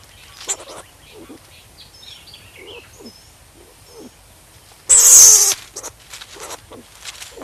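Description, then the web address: Striped skunk giving faint scattered squeaks and sniffs, then one sudden loud breathy hiss lasting about half a second, followed by a few softer puffs. "earth naturelibrary assets s st striped skunk"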